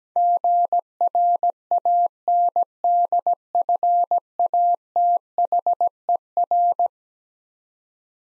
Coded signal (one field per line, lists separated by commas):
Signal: Morse code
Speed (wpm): 17 wpm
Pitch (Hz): 700 Hz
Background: none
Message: GRANDFATHER